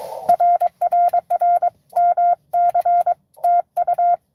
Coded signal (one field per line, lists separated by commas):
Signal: Morse code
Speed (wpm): 23 wpm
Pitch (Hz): 700 Hz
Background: none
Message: RRR MC TU